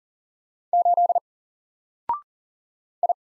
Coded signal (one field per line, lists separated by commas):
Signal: Morse code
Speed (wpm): 42 wpm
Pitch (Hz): 700 Hz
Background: none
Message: 8 I